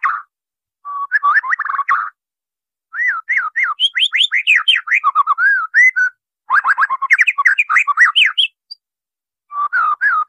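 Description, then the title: White-rumped shama song of clear looping whistles, mellow slurred notes mixed with quick high flourishes, delivered in several phrases with short gaps. White-rumped shama song used as a training recording for caged birds. "MASTERAN MURAI BATU LABAIK"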